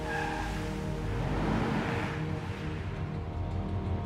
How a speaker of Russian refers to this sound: По дороге едет черный автомобиль. Заезжает в подземный паркинг.